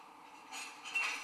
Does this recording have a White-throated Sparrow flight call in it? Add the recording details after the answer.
no. No flight call is heard. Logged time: 11:01 on 19 December 2014